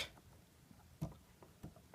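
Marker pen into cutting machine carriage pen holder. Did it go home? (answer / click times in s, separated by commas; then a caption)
no / none. A fine-tip marker is handled and pushed down into the pen holder of a Cricut Explore craft cutting machine with the carriage clamp lifted. Only a few soft, faint taps and ticks are heard over quiet background. Nothing has seated or clicked into place yet.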